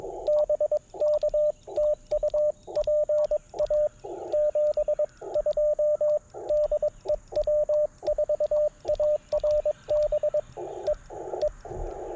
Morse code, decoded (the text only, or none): BK TU PA 72 DE W4ARB E E